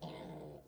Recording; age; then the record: pig call; piglet (1 to 25 days)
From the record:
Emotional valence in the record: negative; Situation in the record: castration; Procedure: castration, shear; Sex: male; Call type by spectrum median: low-frequency call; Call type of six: low-frequency modulated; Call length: 0.68 s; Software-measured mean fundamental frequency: 77 Hz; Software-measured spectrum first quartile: 250 Hz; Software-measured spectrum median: 511 Hz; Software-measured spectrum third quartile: 1097 Hz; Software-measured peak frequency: 166 Hz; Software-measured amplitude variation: 105 dB a second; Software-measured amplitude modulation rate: 23.5 a second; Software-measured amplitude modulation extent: 4.5 dB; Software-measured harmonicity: 0.7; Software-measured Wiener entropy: -0.37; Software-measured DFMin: 924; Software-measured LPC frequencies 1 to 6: 552, 2086, 3197, 3743, 5693, 6721 Hz